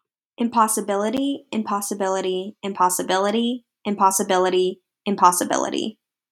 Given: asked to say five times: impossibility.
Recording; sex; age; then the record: repeated word; female; 20 to 29 years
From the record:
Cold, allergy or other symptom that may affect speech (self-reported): no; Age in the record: 22 years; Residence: Pennsylvania, United States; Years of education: 17